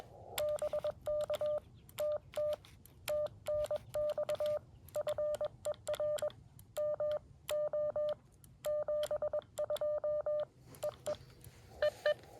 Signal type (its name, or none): Morse code